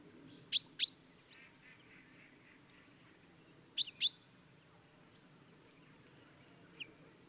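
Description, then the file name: Common chaffinch calling with bright, metallic 'pink' notes in two quick pairs about three seconds apart, then one softer note, over faint low background noise. "Fringilla coelebs"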